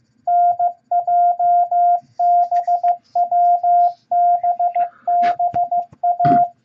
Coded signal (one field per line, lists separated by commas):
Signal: Morse code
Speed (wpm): 15 wpm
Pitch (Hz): 700 Hz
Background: radio noise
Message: NJBWBBA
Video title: Morse Code Practice Beginner Set AWJNDB At 15 Words Per Minute #4!